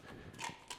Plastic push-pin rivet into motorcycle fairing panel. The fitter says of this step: till it clips into place and you'll hear it click